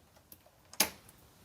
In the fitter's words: Okay. I think I've heard it click. That means it's unlocked at this part, but the door still won't open